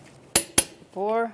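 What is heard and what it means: A torque wrench tightens the fourth lug nut on a wheel of a 2007-2012 Nissan Altima, during front brake hose replacement, to 83 ft-lb. It gives two sharp metallic clicks at 0.4 s and 0.6 s, confirming the set torque has been reached. Someone talks briefly afterward.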